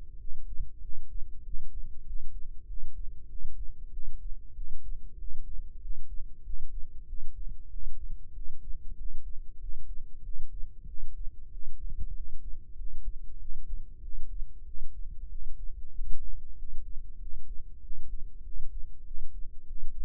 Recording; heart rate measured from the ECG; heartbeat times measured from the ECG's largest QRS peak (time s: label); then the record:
heart sounds by microphone in the left ear; 96 bpm
0.17 s: heartbeat
0.80 s: heartbeat
1.42 s: heartbeat
2.04 s: heartbeat
2.65 s: heartbeat
3.27 s: heartbeat
3.90 s: heartbeat
4.53 s: heartbeat
5.16 s: heartbeat
5.79 s: heartbeat
6.42 s: heartbeat
7.05 s: heartbeat
7.68 s: heartbeat
8.32 s: heartbeat
8.95 s: heartbeat
9.58 s: heartbeat
10.21 s: heartbeat
10.85 s: heartbeat
11.49 s: heartbeat
12.12 s: heartbeat
12.75 s: heartbeat
13.37 s: heartbeat
14.00 s: heartbeat
14.63 s: heartbeat
15.27 s: heartbeat
15.91 s: heartbeat
16.55 s: heartbeat
17.17 s: heartbeat
17.79 s: heartbeat
18.41 s: heartbeat
19.03 s: heartbeat
19.65 s: heartbeat
From the record:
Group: healthy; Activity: rest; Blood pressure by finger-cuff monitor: 96/66 mmHg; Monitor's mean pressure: 75 mmHg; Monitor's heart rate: 95 bpm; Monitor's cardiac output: 7.7 L/min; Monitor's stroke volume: 81 mL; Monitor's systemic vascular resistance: 710 dyn s/cm5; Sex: male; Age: 19 years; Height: 178 cm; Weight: 83 kg